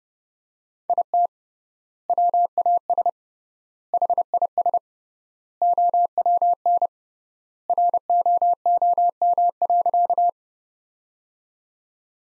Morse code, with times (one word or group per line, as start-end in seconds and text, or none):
0.9-1.3 IT
2.1-3.1 WAS
3.9-4.8 HIS
5.6-6.9 OWN
7.7-10.3 ROOM.